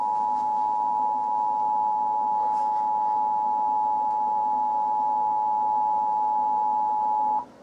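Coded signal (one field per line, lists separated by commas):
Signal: Emergency Alert System (SAME) tones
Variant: 853 and 960 Hz attention tone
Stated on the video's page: Recreation of a Knoxville tornado warning using audio from the television version of the alert.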